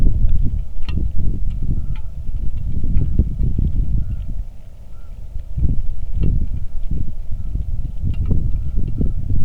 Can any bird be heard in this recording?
yes